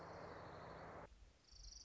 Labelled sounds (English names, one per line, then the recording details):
Orange-crowned Warbler
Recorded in Sonoma County, California